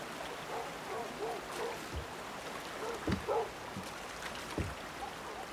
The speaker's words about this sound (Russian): Магра и Матол поворачиваются на лай